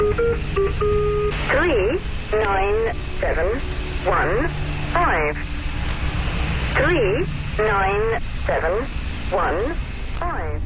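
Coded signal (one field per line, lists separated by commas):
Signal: numbers station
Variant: English automated voice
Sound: brief electronic tone melody, then a synthetic voice reading five digits, repeated twice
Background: radio static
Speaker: On y entend quotidiennement une mélodie suivie d'une voix automatique en anglais, lisant des chiffres.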